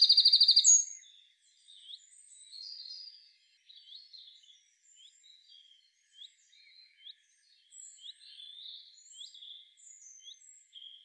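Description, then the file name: Eurasian wren: a brief, loud, high trill at the start, followed by long stretches of faint, scattered chirps and twitters. "Troglodytes troglodytes"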